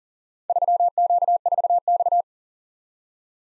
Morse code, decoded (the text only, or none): 3Q4X